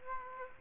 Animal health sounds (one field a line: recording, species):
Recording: mosquito wingbeat signal from an infrared sensor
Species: Aedes aegypti